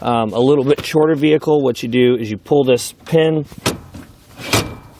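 Someone talks while the spring lock pin on a heavy steel swivel trailer jack is pulled and the jack leg is lifted. The pin snaps into the next hole with a sharp click at 4.5 seconds, locking the leg in place.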